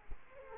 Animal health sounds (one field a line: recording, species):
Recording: mosquito wingbeat signal from an infrared sensor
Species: Culex quinquefasciatus